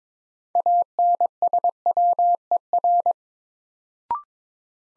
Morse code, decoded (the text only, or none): ANSWER